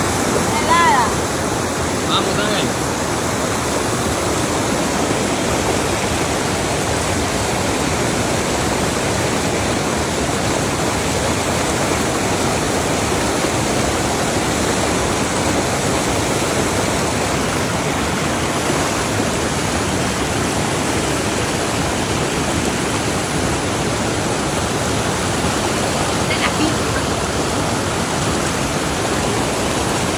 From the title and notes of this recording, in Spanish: Hermoso tobogan natural en el rio!!!!